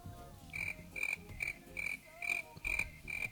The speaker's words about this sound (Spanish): Pon unos grillos, pon unos grillos.